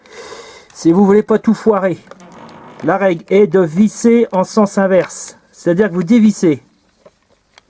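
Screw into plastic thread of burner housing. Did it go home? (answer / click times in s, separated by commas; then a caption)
yes / 7.6 s. Someone talks while turning a screw backwards, in the loosening direction, into the plastic thread of an oil burner housing before re-screwing it. After the talk stops, a few faint ticks follow, and a small sharp knock at 7.6 s marks the screw's thread dropping into the existing plastic thread, seated.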